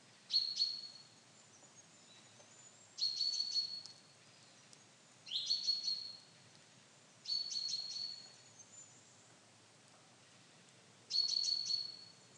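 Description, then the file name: Common chaffinch calling in five bouts of quick sharp high notes with a level whistle, separated by short pauses, soft hiss throughout. "Fringilla coelebs"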